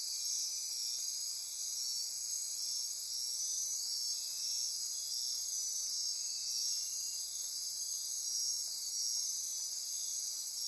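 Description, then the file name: Insect chorus: steady piercing high trilling from many insects, a seamless buzzing wall of sound with a brief brighter burst partway through. Insect chorus recorded at midnight near Corcovado. "Wind-is-the-Original-Radio-Fridays Andy-Martin Midnight-Insect-Chorus-Near-Corcovado"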